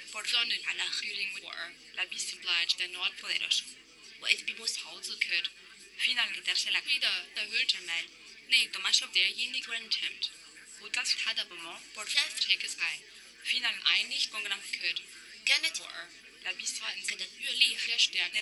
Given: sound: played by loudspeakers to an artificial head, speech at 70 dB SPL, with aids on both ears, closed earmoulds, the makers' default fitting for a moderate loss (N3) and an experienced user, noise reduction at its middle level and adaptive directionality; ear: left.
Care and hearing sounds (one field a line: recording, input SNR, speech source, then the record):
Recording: speech test signal (ISTS) in cocktail-party noise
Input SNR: +3 dB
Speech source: in front (0 degrees)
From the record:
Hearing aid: class 2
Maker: H